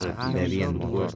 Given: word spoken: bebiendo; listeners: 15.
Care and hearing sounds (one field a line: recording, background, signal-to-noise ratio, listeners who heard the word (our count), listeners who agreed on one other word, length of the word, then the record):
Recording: one Spanish word in noise, from a listening test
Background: four-talker babble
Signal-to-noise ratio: -0.9 dB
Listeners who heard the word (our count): 4 of 15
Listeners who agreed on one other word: 7 of 15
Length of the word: 0.76 s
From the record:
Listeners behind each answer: 7, 4, 1, 1, 1, 1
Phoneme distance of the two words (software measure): 30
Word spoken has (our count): 3 syllables, 8 phonemes, stress on syllable 2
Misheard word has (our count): 3 syllables, 8 phonemes, stress on syllable 2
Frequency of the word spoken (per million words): 6.73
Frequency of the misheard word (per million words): 5.31